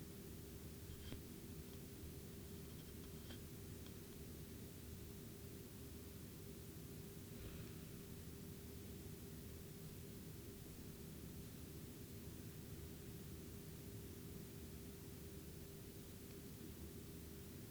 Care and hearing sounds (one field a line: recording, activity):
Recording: daily activity, guitar pickup as the sensor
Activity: lie down